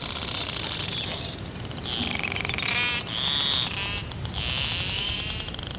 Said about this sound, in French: On écoute le narval Fram 2.